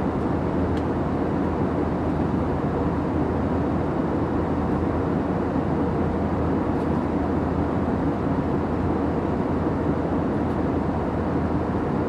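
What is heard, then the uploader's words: Steady roar inside an airplane cabin in flight, a dense low rumble with a constant hum sitting beneath it. The sound barely changes across the whole stretch, with only a faint tick or two near the start and around the seventh second. Full Flight From Ft.Lauderdale To Cancun. Plane Sounds, Flight Sounds.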